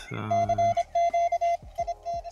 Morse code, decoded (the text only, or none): CQIT